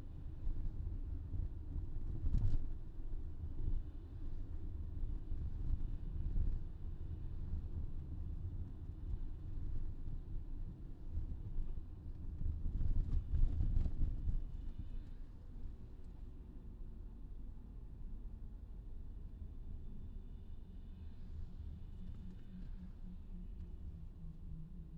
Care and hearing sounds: everyday scene through a hearing-aid microphone; in a vehicle; engine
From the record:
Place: VW T5 Caravelle, diesel engine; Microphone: in the ear canal, left

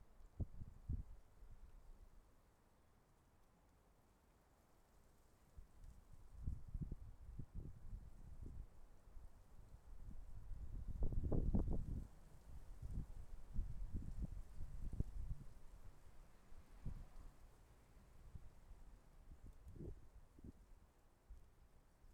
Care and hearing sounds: everyday scene through a hearing-aid microphone; wind on the microphone; wind, traffic, birds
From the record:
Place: suburban garden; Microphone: behind the ear, left, front

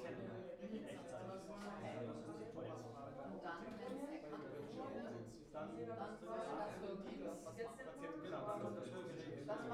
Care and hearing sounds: everyday scene through a hearing-aid microphone; many people talking; many voices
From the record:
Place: bistro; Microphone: behind the ear, left, front

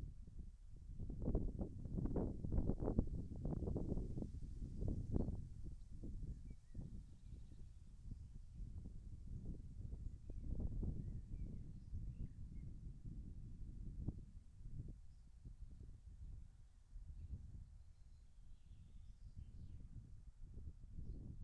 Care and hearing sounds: everyday scene through a hearing-aid microphone; wind on the microphone; wind, birds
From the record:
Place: in front of a rural house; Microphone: behind the ear, left, rear

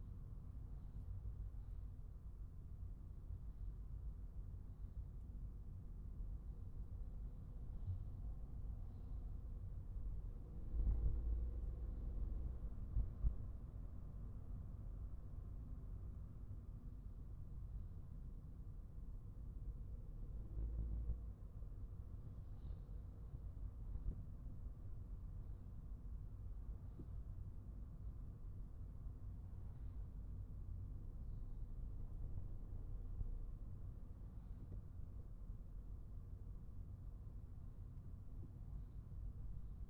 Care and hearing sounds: everyday scene through a hearing-aid microphone; in a vehicle; engine, traffic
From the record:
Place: Skoda Fabia, gasoline engine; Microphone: behind the ear, right, front

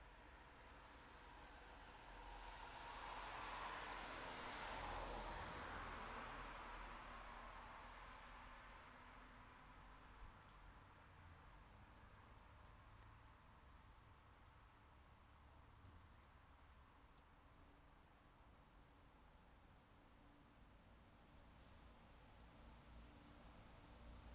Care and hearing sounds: everyday scene through a hearing-aid microphone; in traffic; traffic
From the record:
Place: city secondary road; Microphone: in the ear canal, right

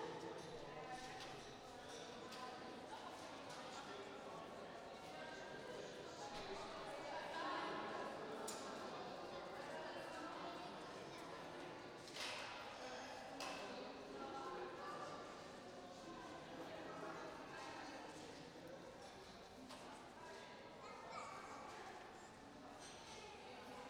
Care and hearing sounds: everyday scene through a hearing-aid microphone; reverberant space; background noise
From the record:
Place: railway station hall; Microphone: in the ear canal, right

